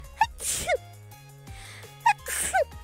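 Two quick sneezes, each with a sharp high-pitched intake then a hissing burst, over a faint steady hum.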